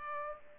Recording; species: mosquito wingbeat signal from an infrared sensor; Culex pipiens